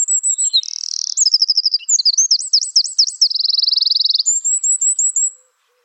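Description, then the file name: Eurasian wren song: loud, rapid, high-pitched trills, sweeping zigzag notes and a fast buzzy rattle, ending with a row of thin whistled notes. "Troglodytes troglodytes"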